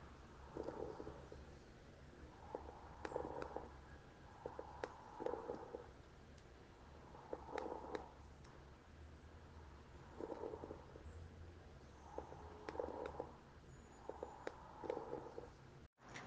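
Coarse (bubbling) crackles heard over the chest by stethoscope, lower-pitched than fine crackles, occurring at the start of and throughout expiration, audible over all chest regions; produced by opening and closing of airways containing viscous, thick secretions, common in chronic bronchitis and bronchiectasis.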